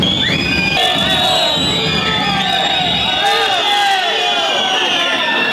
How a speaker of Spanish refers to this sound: Con la manifiesta intolerancia de los chiflidos y los insultos que recibió el orador, desde Radio El Brote saludamos a todas las radios y oyentes del país, no sin antes repudiar el comportamiento antidemocrático y patoteril de la UOCRA.